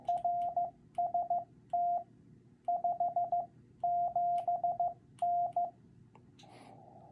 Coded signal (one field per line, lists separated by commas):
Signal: Morse code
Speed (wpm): 15 wpm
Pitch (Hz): 700 Hz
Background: none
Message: RST 57N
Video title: Learning CW protocol